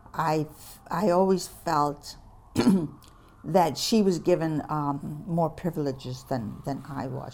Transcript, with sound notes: I th-, I always felt (clears throat) that she was given more privileges than I was.